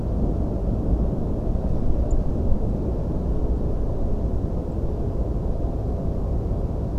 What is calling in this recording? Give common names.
Song Thrush